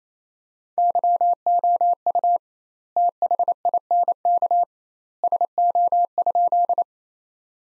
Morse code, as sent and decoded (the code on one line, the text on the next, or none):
-.-- --- ..- / - .... .. -. -.- / ... --- ..--..
YOU THINK SO?